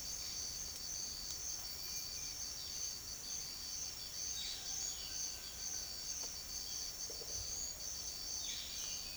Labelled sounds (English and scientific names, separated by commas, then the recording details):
none
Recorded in secondary vegetation near Puerto Asís, Putumayo, Colombia, on 28 February 2025 at 07:30
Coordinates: 0.500, -76.326
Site GP04